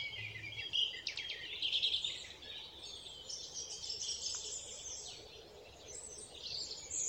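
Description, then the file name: European robin singing high, thin warbled phrases with quick trills and sweet, tinkling notes, broken by short pauses, over a faint steady hiss. "Erithacus rubecula"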